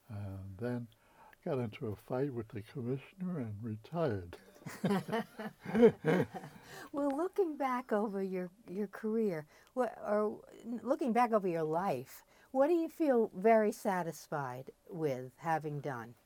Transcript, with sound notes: And then got into a fight with the commissioner and retired. [laughter]
Well, looking back over your — your career, or looking back over your life, what do you feel very satisfied with having done?